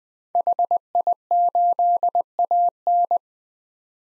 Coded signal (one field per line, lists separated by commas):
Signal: Morse code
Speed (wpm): 21 wpm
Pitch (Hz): 700 Hz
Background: none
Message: HI8AN